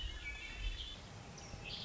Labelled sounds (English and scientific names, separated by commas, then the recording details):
Red-winged Blackbird (Agelaius phoeniceus)
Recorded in Sonoma County, California